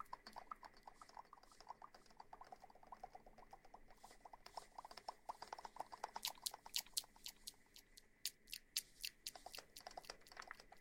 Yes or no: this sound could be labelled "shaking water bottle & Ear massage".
yes